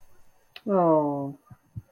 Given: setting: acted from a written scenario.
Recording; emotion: vocal sound without words; sympathy